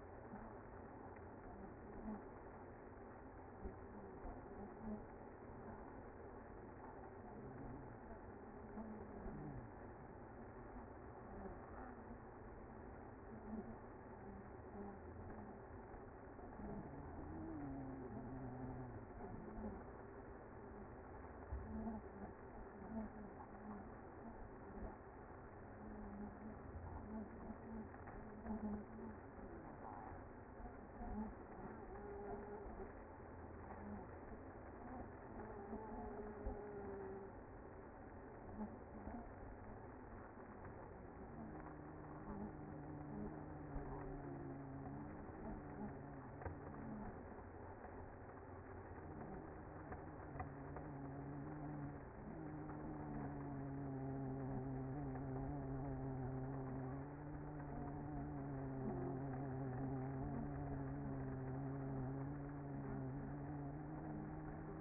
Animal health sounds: honeybee colony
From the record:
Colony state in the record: active

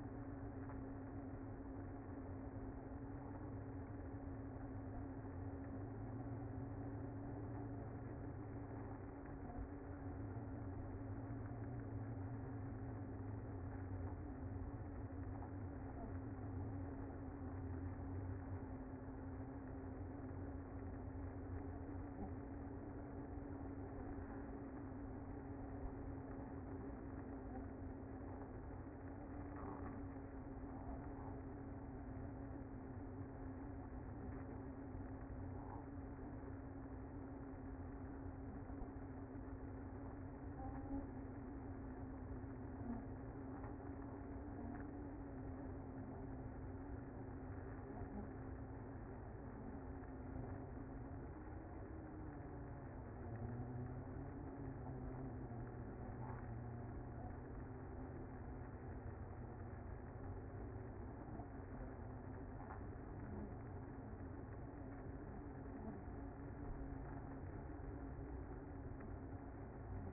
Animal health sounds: honeybee colony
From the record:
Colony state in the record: active

